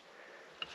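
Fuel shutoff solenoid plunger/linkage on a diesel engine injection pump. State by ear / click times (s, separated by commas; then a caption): not seated / none. With the ignition on, a hand pushes back the fuel shutoff solenoid's plunger linkage on the injection pump of a Case IH 9240 tractor's Cummins 8.3 diesel engine, working toward the run position. A steady, breathy hiss fills the clip, broken by one brief sharp tick at 0.6 s. The plunger has not yet clunked or locked in, and nothing has seated.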